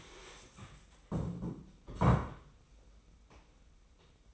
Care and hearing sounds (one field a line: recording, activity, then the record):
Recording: daily activity, microphone in the room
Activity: stand up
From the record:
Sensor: 1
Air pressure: 990.5 hPa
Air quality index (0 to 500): 155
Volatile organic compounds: 1000 ppm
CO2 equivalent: 5620 ppm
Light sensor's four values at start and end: 28/66/28/30 and 28/65/28/30